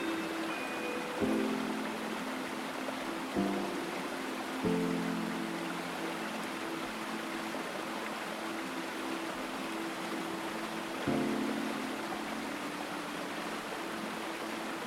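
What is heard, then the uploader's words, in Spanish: Steady, dense rushing water fills the whole clip, like a stream or heavy rain, with a bright hiss on top. Soft, low sustained notes of a calm melody enter at about 1, 3.5, 4.5 and 11 seconds and linger beneath the water. Sonidos Calmantes del AGUA y MELODÍAS Tranquilas. Sonidos tranquilizantes del agua y las melodías tranquilas.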